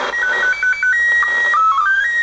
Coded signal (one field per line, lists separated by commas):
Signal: SSTV (slow-scan television)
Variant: PD 180